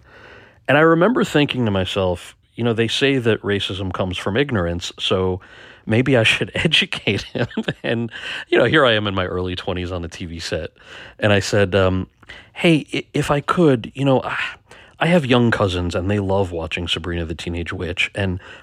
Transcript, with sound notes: And I remember thinking to myself, you know, they say that racism comes from ignorance, so maybe I should educate him (laughter). And you know, here I am in my early 20s on the TV set, and I said, hey, if I could, you know - I have young cousins, and they love watching "Sabrina The Teenage Witch."